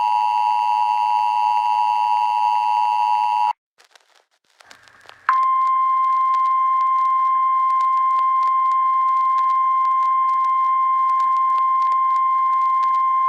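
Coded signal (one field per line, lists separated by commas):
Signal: Emergency Alert System (SAME) tones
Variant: 853 and 960 Hz attention tone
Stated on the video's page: Fictional EAS scenario recreation of an EF6 tornado warning.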